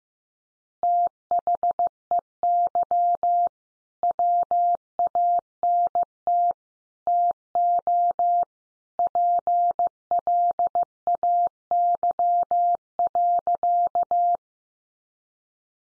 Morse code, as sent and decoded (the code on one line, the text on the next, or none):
- .... . -.-- / .-- .- -. - / - --- / .--. .-.. .- -.-- .-.-.-
THEY WANT TO PLAY.